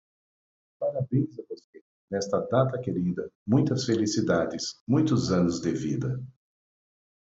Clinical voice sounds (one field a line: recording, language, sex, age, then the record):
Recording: short text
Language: Brazilian Portuguese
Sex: male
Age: 40 to 49 years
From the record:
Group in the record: control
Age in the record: 45 years